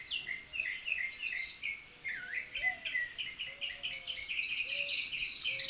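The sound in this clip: Northern mockingbird song of mixed chirps and whistled phrases.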